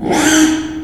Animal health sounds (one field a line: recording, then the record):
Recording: squeal of a Yucatan mini pig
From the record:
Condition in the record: after surgery on the right vocal fold (resection and tissue-engineered implant)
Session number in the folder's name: 3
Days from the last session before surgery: 33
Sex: male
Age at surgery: 12 weeks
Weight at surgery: 13 kg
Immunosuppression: cyclosporine, prednisolone